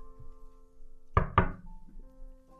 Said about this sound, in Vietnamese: Có tiếng gõ cửa.